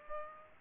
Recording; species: mosquito wingbeat signal from an infrared sensor; Aedes aegypti